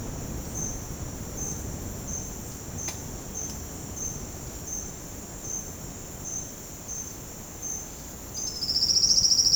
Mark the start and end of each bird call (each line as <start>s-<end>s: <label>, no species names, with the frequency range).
8.35s-9.55s: bird call (3.8-6.4 kHz)